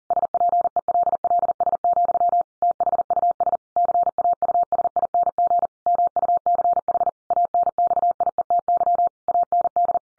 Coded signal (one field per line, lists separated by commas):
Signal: Morse code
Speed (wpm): 40 wpm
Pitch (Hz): 700 Hz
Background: none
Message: SPELLS, THUS CAUSING MUCH ANXIETY AND